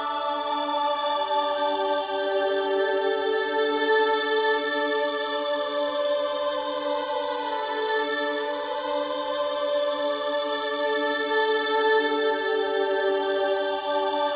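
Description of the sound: Steady, even drone of layered sustained tones, a tinnitus therapy masking sound meant to cover ringing.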